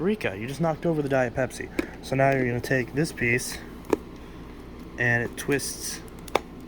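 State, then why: Seated. Someone talks while a plastic dust cup and nozzle is placed over the filter of a Dirt Devil Kone handheld vacuum and twisted onto the body. A sharp click at 6.4 s marks the cup seating into place.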